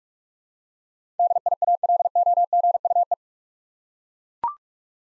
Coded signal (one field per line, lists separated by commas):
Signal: Morse code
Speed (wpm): 42 wpm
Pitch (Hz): 700 Hz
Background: none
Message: DIALOGUE